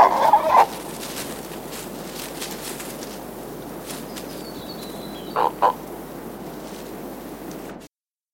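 Royal spoonbill giving short, rough grunting calls, one burst at the start and another about five seconds later, over steady background hiss.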